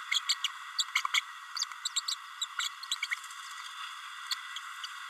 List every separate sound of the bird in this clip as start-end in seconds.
0.11-0.19, 0.29-0.35, 0.44-0.47, 0.78-0.84, 0.95-1.02, 1.13-1.21, 1.85-1.89, 1.96-2.01, 2.07-2.15, 2.41-2.45, 2.58-2.68, 2.91-2.95, 3.02-3.07, 4.30-4.34